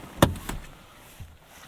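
The folding front seatback of a two-door 2008 Chevrolet Cobalt SS Turbocharged is pushed forward again. A sharp, loud latch click at 0.2 s is followed by a softer rattle at 0.5 s and a faint low thump near 1.2 s. The seatback latches into place in its seat frame.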